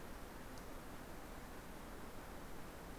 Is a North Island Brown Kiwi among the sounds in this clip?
no